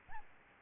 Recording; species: mosquito wingbeat signal from an infrared sensor; Aedes albopictus